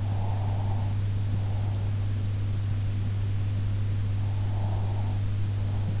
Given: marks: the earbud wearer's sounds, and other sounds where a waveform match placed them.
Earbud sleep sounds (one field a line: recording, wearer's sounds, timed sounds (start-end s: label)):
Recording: sounds in sleep by an in-ear microphone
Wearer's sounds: breath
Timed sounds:
0.00-1.94 s: breath
4.19-5.94 s: breath